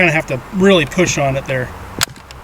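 Someone talks as a young shooter pushes a steel box magazine up into the magazine well of a British Enfield carbine converted to .45 ACP, which takes a hard, firm push. A sharp, loud click at 2.0 s marks the magazine seating home, followed by a few faint ticks.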